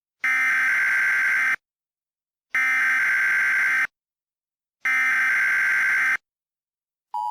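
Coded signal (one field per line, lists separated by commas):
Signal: Emergency Alert System (SAME) tones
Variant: header bursts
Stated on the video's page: Mock EAS alert, a fictional recreation.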